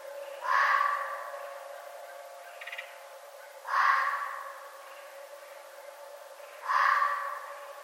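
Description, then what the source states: Red fox repeating a hoarse, rasping call three times, roughly every three seconds, each fading after its loud start; faint hum underneath. Recorded 11 November 2011.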